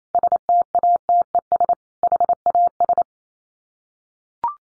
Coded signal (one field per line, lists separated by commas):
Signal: Morse code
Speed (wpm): 28 wpm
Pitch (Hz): 700 Hz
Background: none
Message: STATES HAS